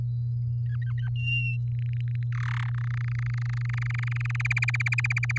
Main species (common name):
Domestic Canary